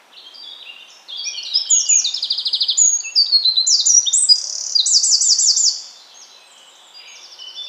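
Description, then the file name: Eurasian wren song: a loud, high, rapid cascade of trills and chattering notes lasting about five seconds, followed by faint high notes. "Troglodytes troglodytes"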